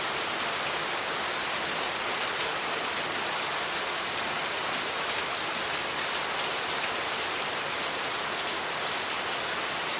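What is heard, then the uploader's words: Heavy rain pours steadily and densely, a bright, even hiss with fine pattering and little low rumble underneath. Rainfall Serenity Soothing Heavy Rain Sounds for Relaxation and Nature Therapy.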